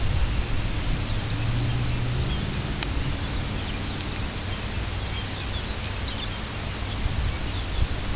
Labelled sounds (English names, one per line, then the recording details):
Lapland Longspur
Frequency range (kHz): Lapland Longspur 1.6-6.2 kHz
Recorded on Arctic tundra, site UTQI-2, on 10 June 2019
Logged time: 16:00